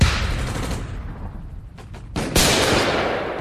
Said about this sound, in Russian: Вторая мина. Третья. Они легли дальше от нас, но от грохота все равно заложило уши.